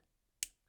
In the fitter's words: with nice positive heavy clicks